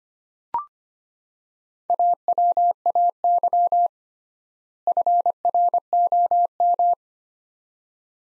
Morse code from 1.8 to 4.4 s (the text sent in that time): AWAY